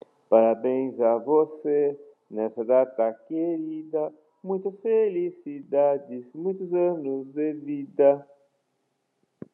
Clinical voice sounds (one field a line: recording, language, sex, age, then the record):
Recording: short text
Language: Brazilian Portuguese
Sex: male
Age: 60 to 69 years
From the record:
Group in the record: control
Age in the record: 60 years